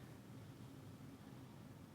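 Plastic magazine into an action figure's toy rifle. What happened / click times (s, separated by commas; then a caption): The small plastic part did not click into place / none. Someone pushes a small removable plastic magazine into the toy rifle of a GI Joe Classified Series #50 Crimson Guard action figure, but it will not go in. Only a steady broadband hiss with a low hum is heard throughout, with no sharp sounds. Nothing has seated or clicked yet.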